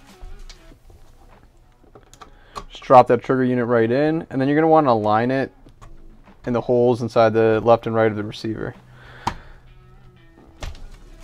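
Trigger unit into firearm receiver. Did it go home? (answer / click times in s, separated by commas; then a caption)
no / none. A trigger unit is dropped into a firearm receiver and lined up with the holes on its left and right sides while someone talks, with light handling taps and knocks around 0.5 and 2.0 s and a loud sharp hit at about 9.3 s followed by softer knocks near 10.6 s. Nothing has seated or clicked into place yet.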